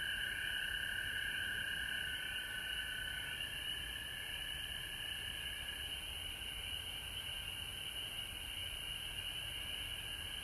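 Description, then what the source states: Frogs trilling together in a steady chorus, a bright mid-pitched trill fading after the first few seconds while a higher ringing band continues, with a constant very high hiss. Recorded at home in Georgia on March 19, 2020.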